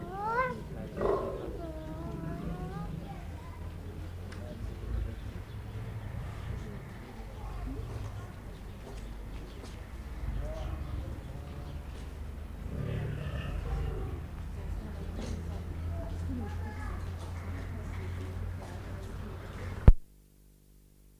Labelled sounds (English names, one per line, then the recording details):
Lion call
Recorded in captivity
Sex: pair
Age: adult
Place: Zoo Leipzig, Sachsen, DE
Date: 1959-09-18
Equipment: Reporter (Vollspur)
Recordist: TSA
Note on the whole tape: Löwin: Abwehrlaute gegen Löwe, Paarungslaute, Abstand 5 m